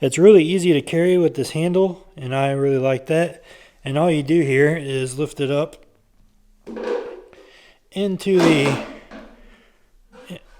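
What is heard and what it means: Someone talks while the large battery pack of an Aniioki A8 Pro Max 60Ah e-bike, roughly 30 pounds, is carried by its handle, lifted up and lined up with the slot in the bike frame. During a pause there is a soft handling rustle around 6.7 s and a faint tick at 7.3 s, then the talking resumes. Nothing has seated or clicked yet.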